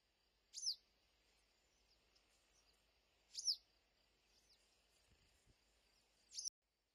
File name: 白鶺鴒